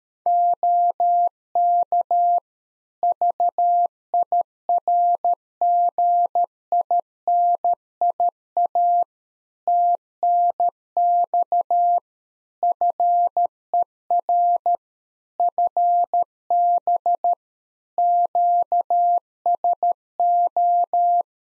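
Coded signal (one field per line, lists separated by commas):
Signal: Morse code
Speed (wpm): 13 wpm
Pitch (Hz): 700 Hz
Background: none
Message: OK VIRGINIA TNX FER FB QSO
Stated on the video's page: Head-copy practice QSO ending segment (pleasantries, 73) at 13 wpm, each segment sent, spoken, then sent again.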